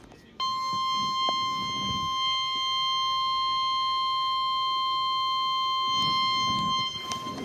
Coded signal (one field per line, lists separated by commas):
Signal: Emergency Alert System (SAME) tones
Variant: 1050 Hz attention tone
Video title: IT’S DOUBLEHEADER TIME!!! EAS Alerts from 3/22/2026 (EAS 173-207)